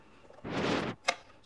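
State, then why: Seated. While refitting the air filter on a Royal Enfield Interceptor 650 or GT 650, the plastic air filter cover clip is pushed home into the motorcycle's airbox housing. A broad rustling, scraping noise runs from about 0.4 to 1.0 seconds, followed by a single sharp click at 1.1 seconds. The clip locks into place.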